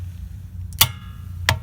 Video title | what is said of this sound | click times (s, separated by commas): How-to Change a Tire! Simple and Easy! Full Tutorial! | there it is that's the click okay | 1.5 s